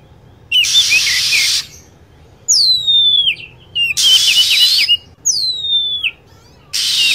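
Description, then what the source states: Lovebird sounds: a burst of harsh buzzy chatter, then quick downward-sweeping high whistles, followed by more long raspy screeching and another falling whistle. Lure recording used to attract lovebirds.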